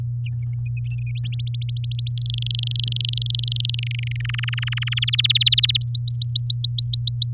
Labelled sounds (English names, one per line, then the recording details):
Domestic Canary song
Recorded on 6 May 2018 at 08:55
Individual llb16